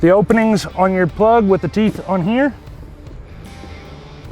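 Someone talks for the first two and a half seconds while lining up a 30 A shore power twist-lock plug with the power inlet on a Coachmen Catalina travel trailer, with music playing in the background. A low, quiet hum and faint hiss follow. The plug has not been pushed in or twisted yet, and nothing has locked or clicked.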